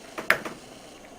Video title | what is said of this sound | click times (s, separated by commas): One Revolutionary Battery connector easyclicksystem | you hear the click sound | 0.3 s